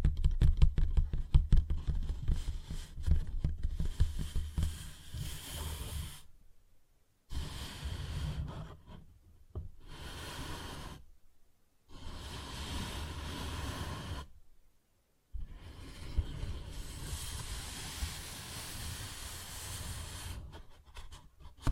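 A paper bag is tapped and scratched. The first six seconds are quick, dense taps with dull low thumps, then come stretches of steady, hissy scratching, each a few seconds long and separated by brief silences.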